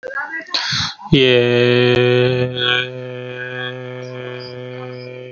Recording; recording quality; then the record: sustained vowel as in made; excellent, no background noise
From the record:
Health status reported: healthy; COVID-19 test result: not tested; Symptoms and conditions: none ticked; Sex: male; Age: 20 years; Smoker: not ticked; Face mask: not worn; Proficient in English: yes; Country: India